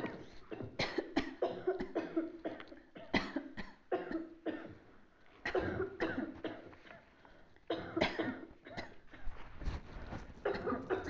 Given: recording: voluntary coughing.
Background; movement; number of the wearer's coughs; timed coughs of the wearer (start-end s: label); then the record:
a bystander coughing; sitting; 8
0.77-1.04 s: cough
1.14-1.39 s: cough
3.12-3.52 s: cough
3.52-3.74 s: cough
5.43-5.73 s: cough
7.94-8.20 s: cough
8.62-8.96 s: cough
10.43-10.81 s: cough
From the record:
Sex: female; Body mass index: 25.5 kg/m2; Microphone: on the chest, facing outward